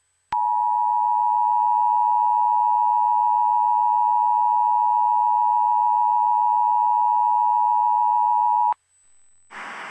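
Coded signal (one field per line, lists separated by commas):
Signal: Emergency Alert System (SAME) tones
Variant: 853 and 960 Hz attention tone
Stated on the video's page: Fictional EAS scenario.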